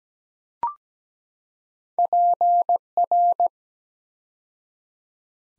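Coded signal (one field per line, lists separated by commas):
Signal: Morse code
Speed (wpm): 17 wpm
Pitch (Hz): 700 Hz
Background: none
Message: PR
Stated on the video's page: Morse practice at 17 wpm building six-letter words two letters at a time, for ICR training.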